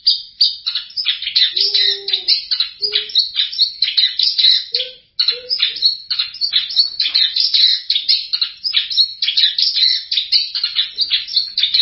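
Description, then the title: Long-tailed shrike song, rapid scratchy high chatter in quick varied phrases, with a few soft lower notes underneath and a brief pause near five seconds. Champion competition songbird. "Kicau Burung Cendet Juara"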